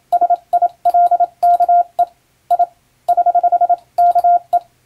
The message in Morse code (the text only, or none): SILKE I <HH> KE